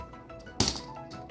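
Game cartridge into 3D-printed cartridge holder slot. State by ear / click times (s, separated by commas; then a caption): seated / 0.6 s. A Nintendo Switch game cartridge is slid into a slot of a 3D-printed plastic game holder and clicks into place at 0.6 s with a sharp, bright snap. Faint light handling sounds come before and after it, over a quiet background, and the cartridge ends up seated in the slot.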